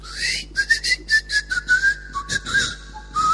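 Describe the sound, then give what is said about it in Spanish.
Someone whistles a quick, bouncy tune of a dozen or so short notes, the pitch gliding up and down, with no talking over it. “…, silba por ahí.”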